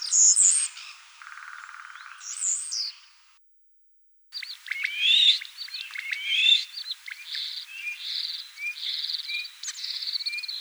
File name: Sturnus vulgaris